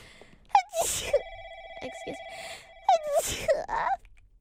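Two sneezes from an adult woman, about two and a half seconds apart. Each starts with a brief voiced rising intake and ends in a sharp, hissing burst of air. A steady electronic tone hums faintly between them.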